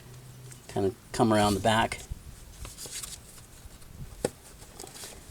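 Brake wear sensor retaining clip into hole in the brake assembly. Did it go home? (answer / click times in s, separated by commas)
yes / 4.2 s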